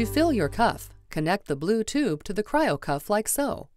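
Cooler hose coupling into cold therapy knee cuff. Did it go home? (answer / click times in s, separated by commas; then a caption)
no / none. The blue tube from a cooler is being connected to the fitting on a cold therapy knee cryo cuff while someone talks throughout. Nothing has seated or clicked yet.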